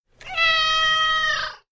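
Cat giving a single long, steady meow that holds its pitch, then fades out at the end.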